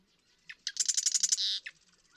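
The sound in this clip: Marsh Wren singing: a couple of clicky introductory notes lead into a rapid, mechanical rattling trill with a buzzy close, then one final chip.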